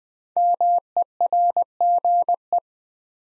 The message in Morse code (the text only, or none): MERGE